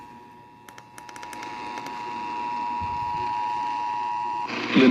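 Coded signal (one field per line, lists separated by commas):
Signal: Emergency Alert System (SAME) tones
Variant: 853 and 960 Hz attention tone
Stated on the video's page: Severe thunderstorm warning aired on an AM radio station.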